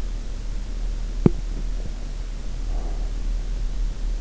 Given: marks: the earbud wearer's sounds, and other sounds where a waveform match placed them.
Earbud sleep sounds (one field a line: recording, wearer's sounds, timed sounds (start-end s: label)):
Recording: sounds in sleep by an in-ear microphone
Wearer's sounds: teeth grinding, breath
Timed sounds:
0.98-1.79 s: teeth grinding
2.52-3.40 s: breath